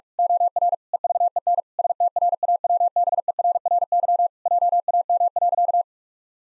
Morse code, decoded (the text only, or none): OR EVEN STRAWBERRY JAM.